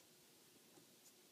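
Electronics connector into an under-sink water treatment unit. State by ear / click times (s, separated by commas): not seated / none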